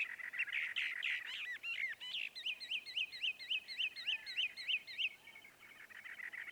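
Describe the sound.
Northern mockingbird song: a jumble of varied phrases, then a rapid run of about ten identical sharp, chevron-shaped notes, with soft background hiss.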